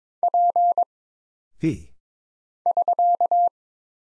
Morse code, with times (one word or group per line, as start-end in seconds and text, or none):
0.2-0.8 P
2.7-3.5 <SK>